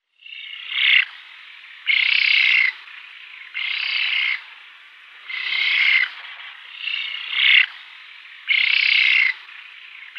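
Eurasian spoonbill uttering hoarse, buzzy rasping calls, each lasting under a second and repeated roughly every one and a half seconds, with a steady hiss between.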